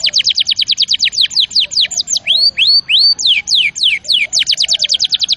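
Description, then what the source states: Canary singing rapid repeated sweeping notes, slowing to several rising whistled slurs, then speeding back into quick trills. Champion canary song used as a master recording for training other birds.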